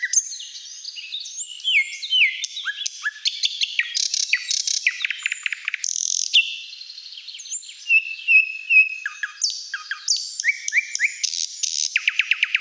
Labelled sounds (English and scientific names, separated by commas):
Thrush Nightingale (Luscinia luscinia) song